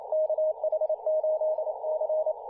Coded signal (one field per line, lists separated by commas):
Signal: Morse code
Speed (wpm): 28 wpm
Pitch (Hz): 620 Hz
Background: none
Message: KH8C